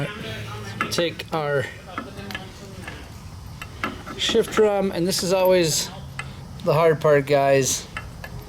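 Someone talks while the transmission shift drum of a KTM 300 motorcycle engine is worked down by hand toward its seat in the engine crankcase half, metal on metal. Brief light metallic ticks and knocks are heard between the speech. The shift drum has not yet seated or clicked into place by the end of the clip.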